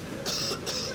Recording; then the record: coughing mixed with background sound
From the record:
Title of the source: November cold (wet coughing)